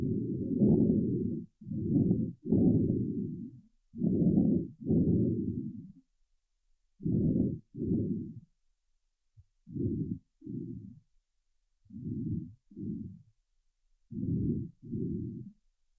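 Paired, harsh, low-pitched rushing sounds repeat, one on breathing in and one on breathing out. This is the normal sharp inspiratory and expiratory breath sound heard over the trachea of a healthy horse, without respiratory stimulation. It resembles a stimulated lung sound.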